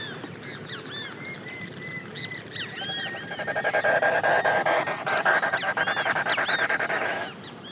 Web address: Natures Songs S America Eastern Lowlands Gallinago paraguaiae, winnow